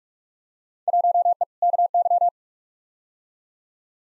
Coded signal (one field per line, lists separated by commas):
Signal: Morse code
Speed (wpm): 42 wpm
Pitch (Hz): 700 Hz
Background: none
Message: 1E KY